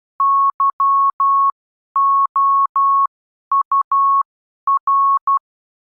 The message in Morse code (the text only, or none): YOUR